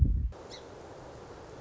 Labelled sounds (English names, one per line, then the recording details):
Song Sparrow
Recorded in Sonoma County, California